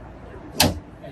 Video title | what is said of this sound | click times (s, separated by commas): Dreamline Handover External | that time you need to pull both the grey taps and then make sure it goes in it makes your clicks there | 0.6 s